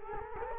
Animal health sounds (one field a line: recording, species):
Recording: mosquito wingbeat signal from an infrared sensor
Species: Culex quinquefasciatus